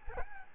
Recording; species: mosquito wingbeat signal from an infrared sensor; Aedes albopictus